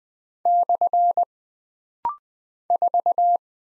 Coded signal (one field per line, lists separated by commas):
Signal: Morse code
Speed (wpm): 20 wpm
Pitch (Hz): 700 Hz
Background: none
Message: / 4